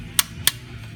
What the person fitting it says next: give it about two clicks and that's all the tightness you need on it